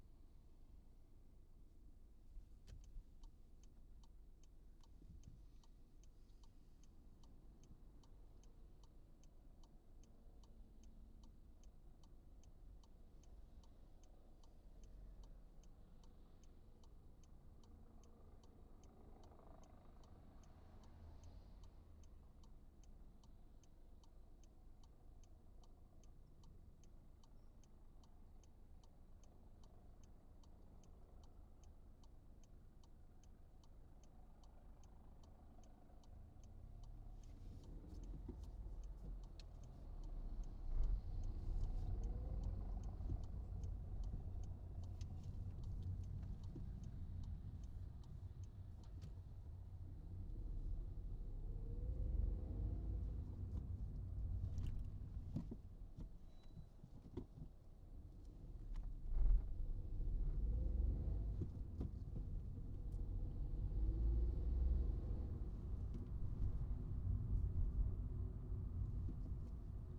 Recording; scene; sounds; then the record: everyday scene through a hearing-aid microphone; in a vehicle; engine, traffic, helicopter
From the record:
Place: Skoda Fabia, gasoline engine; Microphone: in the ear canal, right